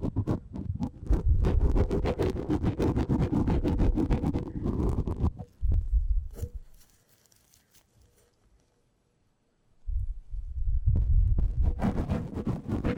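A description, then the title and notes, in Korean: A tip brush sweeps over a microphone in dense, scratchy strokes with a low thumping rumble, pausing into near silence around seven to ten seconds. 마이크를 팁브러시로 슥슥 ASMR (feat. 라텍스장갑, no talking).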